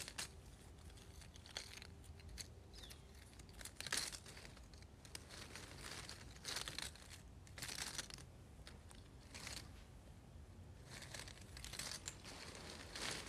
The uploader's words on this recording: ASMR Shuffling Small Cardboard Pieces.